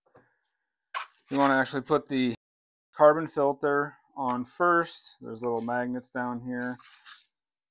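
Someone talks while handling an activated carbon filter block for a Bambu 3D printer Voxel filter upgrade, about to set it onto the small magnets of the printer's internal air filter box base. Only speech is heard, with no clear handling noise. Nothing has seated or clicked yet.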